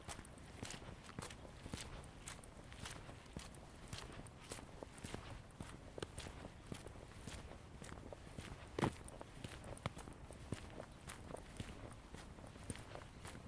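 A walk in Ravenna Park, Seattle: steady, regular footsteps crunch throughout over a soft constant hush, with one sharper knock near nine seconds.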